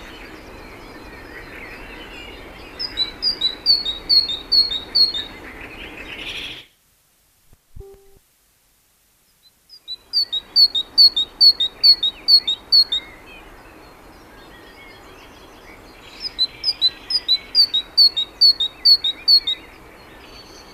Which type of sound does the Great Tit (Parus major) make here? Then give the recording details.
song. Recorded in the wild. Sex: male. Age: adult. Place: Garmisch-Partenkirchen, Bayern, DE. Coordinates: 47.4914, 11.0694. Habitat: urban area. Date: 1964-03-30. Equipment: Vollspur. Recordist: Tretzel, Erwin